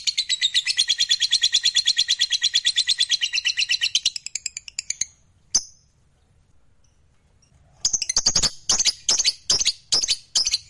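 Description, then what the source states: Lovebird singing a fast buzzy trill for four seconds, a couple of sharp chirps, a silent pause, then a burst of loud rapid chattering notes. Lovebird described as a fighter bird, gacor (singing energetically).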